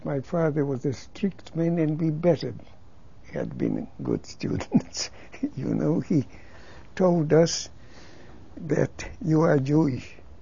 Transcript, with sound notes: My father was a strict man and we better had been good students, you know. ( he laughs ) He told us that, "You are Jewish.